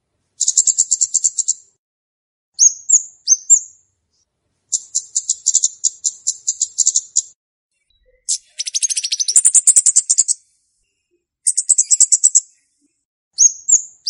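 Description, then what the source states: High-pitched flowerpecker singing: repeated bursts of rapid thin ticking trills and paired upswept whistles, separated by brief silences over fourteen seconds. Song used as a lure for trapping birds; Indonesian name Cabe-cabean, also called Kemade.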